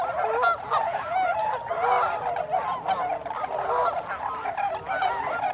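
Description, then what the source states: Tundra swan flock in full voice, overlapping mellow honks and hoots merging into one unbroken, bustling chorus throughout. Recorded 26 December 2020.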